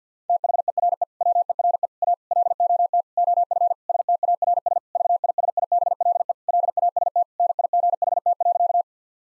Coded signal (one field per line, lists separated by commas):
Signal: Morse code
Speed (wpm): 50 wpm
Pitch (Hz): 700 Hz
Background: none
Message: THERE WERE A LOT OF STARS VISIBLE LAST NIGHT.